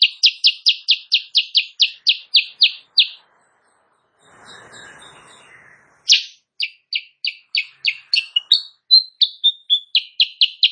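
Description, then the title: Sooty-headed bulbul song with a rapid string of bright repeated notes, a pause filled with soft rustling, then another varied run of quick chips and whistles. Morning singing in full vigorous form; used as a tutor song (masteran) for training songbirds, said to provoke rival birds into answering. "Masteran Kutilang Sutra. Kutilang Sutra GACOR pagi hari bikin lawannya AUTO NYAUT"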